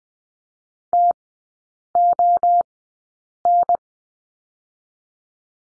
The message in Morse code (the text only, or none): TON